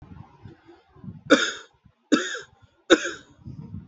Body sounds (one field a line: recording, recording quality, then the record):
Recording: heavy voluntary cough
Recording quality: excellent, no background noise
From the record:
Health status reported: healthy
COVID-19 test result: not tested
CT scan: not taken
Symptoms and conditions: none ticked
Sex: male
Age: 32 years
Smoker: no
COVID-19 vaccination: one dose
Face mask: not worn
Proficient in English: yes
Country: India